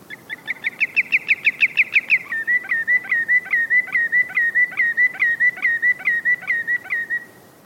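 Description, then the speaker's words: Common Greenshank calling, a long run of clear whistled notes, quick at first, then settling into a slower, steady repeated series. Calling from the rocky shore of an uninhabited island with high cliffs, heard while ascending from a small sheltered bay. "Along the way, a greenshank calls from the rocky shore."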